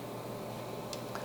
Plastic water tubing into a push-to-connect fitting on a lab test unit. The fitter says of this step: and all you do is you push it in until it clicks